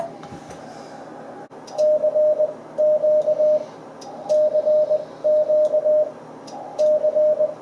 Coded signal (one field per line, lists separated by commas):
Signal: Morse code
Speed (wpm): 20 wpm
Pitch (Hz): 610 Hz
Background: radio noise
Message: CQ CQ C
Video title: CW QSO with UY7LA 16 01 2022